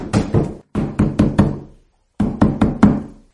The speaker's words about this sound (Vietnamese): Đúng lúc này, rầm rầm rầm, có người đập cửa dịch trạm kêu rầm rầm.